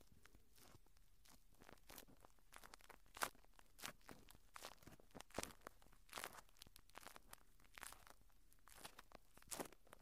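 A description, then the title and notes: Ear cleaning produces a dense run of short scratchy crackles and rustles, irregular and quick, several per second. Brighter, louder pops stand out around three, five and a half, six and nine and a half seconds over a soft, steady hiss. Naturally Cleaning Your Ears.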